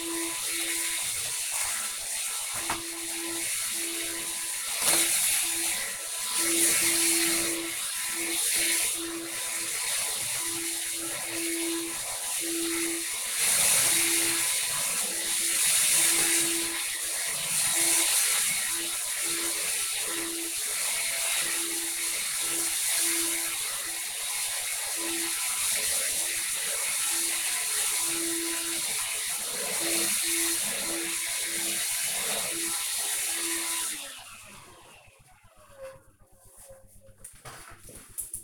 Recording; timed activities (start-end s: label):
household activities, microphone on the right wrist
0.00-33.51 s: vacuum cleaning